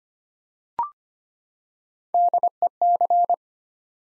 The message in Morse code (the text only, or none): DEC